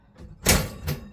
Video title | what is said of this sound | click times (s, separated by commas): For delicious tasting water in your caravan, fit a Whale water filter. | they're all lined up clicks | 0.5 s